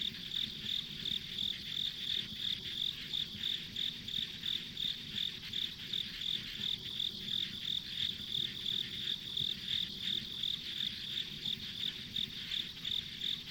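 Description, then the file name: Steady insect chorus with repeated shrill chirps near three per second and a continuous high buzzing backdrop. Ambient insect sounds on a rural country road. "田舎道の虫の環境音"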